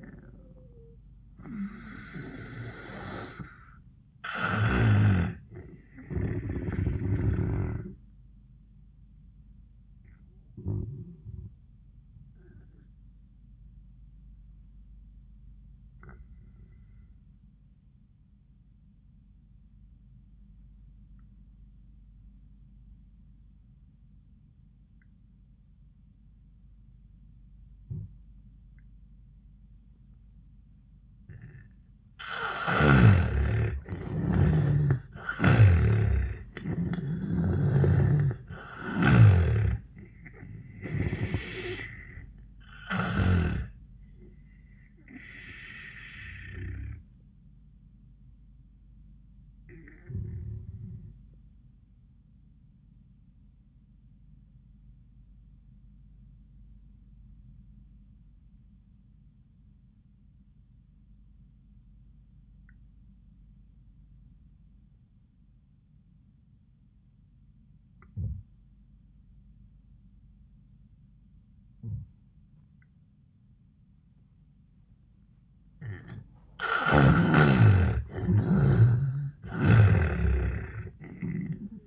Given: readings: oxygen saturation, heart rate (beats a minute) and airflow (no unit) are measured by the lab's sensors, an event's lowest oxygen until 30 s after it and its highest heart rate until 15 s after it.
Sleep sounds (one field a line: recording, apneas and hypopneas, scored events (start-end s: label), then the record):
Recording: breathing in sleep by a smartphone at the bedside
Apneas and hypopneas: 2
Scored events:
13.00-34.70 s: obstructive apnea (N2, oxygen 95% highest, then 80% lowest, heart rate 69 at the start, 94 highest)
37.00-81.87 s: new sleep stage, N1 (lightest sleep)
53.00-76.80 s: obstructive apnea (N1, oxygen 97% highest, then 79% lowest, heart rate 87 at the start, 95 highest)
From the record:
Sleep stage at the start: N2 (light sleep)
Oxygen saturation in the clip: 79 to 97%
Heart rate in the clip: 69 to 94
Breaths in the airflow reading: 7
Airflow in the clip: -17.4 to 11.8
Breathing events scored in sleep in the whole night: 400 in 8.7 hours asleep